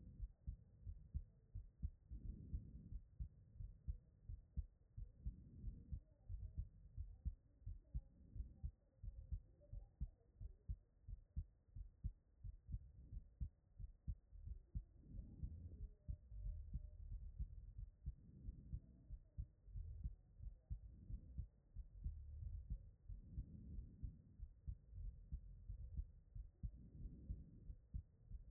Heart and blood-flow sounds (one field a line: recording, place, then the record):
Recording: heart sounds by stethoscope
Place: pulmonary valve (PV)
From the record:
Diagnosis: non-HFrEF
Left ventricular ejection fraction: 47%